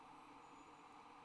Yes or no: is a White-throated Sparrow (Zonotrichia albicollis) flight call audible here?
no